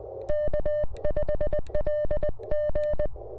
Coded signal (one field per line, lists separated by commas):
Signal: Morse code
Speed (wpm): 20 wpm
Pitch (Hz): 590 Hz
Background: none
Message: K5LG